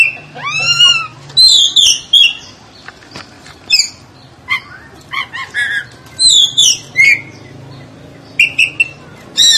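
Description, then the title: Oriental magpie-robin song: scattered bursts of sharp whistles and chattering notes, opening with an arched, harmonic mew-like call, separated by brief quiet gaps. "Kacer"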